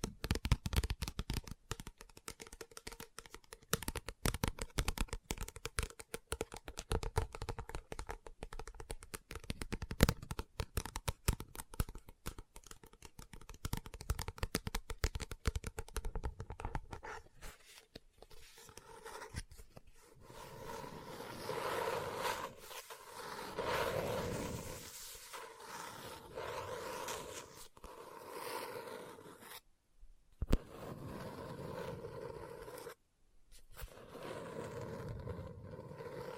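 Book handling with dense, rapid tapping and scratching across the first seventeen seconds, sharp irregular clicks packed closely together. After that the sounds turn softer and smoother, longer rustling swells like page turning, broken by two brief silences near thirty and thirty-three seconds.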